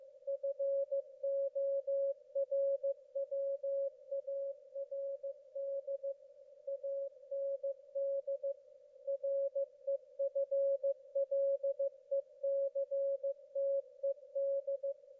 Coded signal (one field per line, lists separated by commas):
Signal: Morse code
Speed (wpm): 15 wpm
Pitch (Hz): 550 Hz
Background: none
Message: FORWARD AND REFLECTED